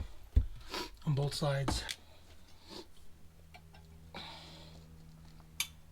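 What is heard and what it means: On a 2007 Ford Escape, the second brake shoe hold-down spring keeper is twisted onto its pin on the parking brake shoe, on the other side. Someone talks at the start, then a quiet stretch follows with a faint steady hum. A single sharp click at 5.6 seconds marks the keeper locking into place, confirming it is seated.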